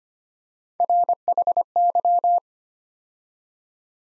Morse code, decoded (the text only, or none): RHY